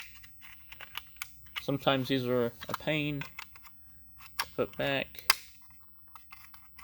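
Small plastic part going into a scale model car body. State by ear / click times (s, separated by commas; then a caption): not seated / none. A small plastic part of a 1:24 scale 1973 Ford Mustang Mach 1 model kit is handled by hand while it is worked into place in the scale model car body. Someone talks over soft, brief clicks and taps from the handling. Nothing has seated or clicked into place yet by the end.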